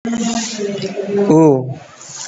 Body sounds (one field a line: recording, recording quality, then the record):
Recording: sustained vowel as in boot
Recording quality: poor, much background noise or distortion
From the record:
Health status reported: COVID-19 positive, mild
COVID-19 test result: positive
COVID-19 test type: RT-PCR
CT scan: taken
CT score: 4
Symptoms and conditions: cough, breathing difficulty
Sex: male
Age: 18 years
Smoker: no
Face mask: not worn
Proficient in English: yes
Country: India